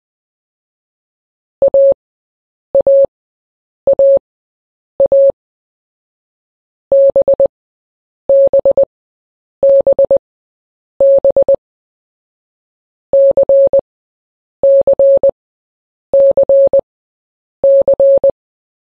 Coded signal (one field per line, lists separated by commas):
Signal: Morse code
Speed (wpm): 20 wpm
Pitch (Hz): 550 Hz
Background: none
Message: AAAA BBBB CCCC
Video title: Morse Code Sounds/Translator | A - Z